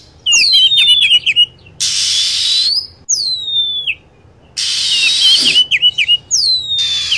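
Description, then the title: Lovebird chirping calls: shrill, sharply falling whistled notes in quick bursts, broken by stretches of loud steady hiss. Lure sound used for attracting lovebirds. "PIKAT BURUNG LOVEBIRD"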